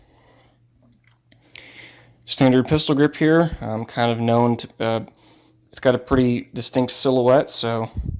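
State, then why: Seated. A folding stock on a Galil ARM 5.56x45 rifle is pulled out and swung open on its receiver hinge, with a few faint knocks before a sharp metallic click at 1.6 s as it locks in the extended position. Someone then talks.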